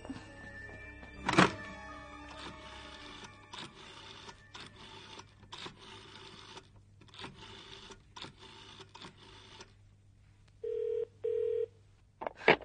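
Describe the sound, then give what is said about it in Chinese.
A handset is lifted with a thunk, followed by several seconds of clicking and whirring as a number is dialed, then two short electronic rings and a final click. “唔得，你打个电话同佢算账先得。”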